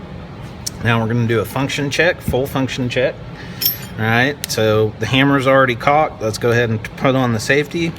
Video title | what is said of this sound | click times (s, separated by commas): Kimber Micro 9 Crusader Installation | Push it till you hear it click. And the slide goes forward. | 0.7 s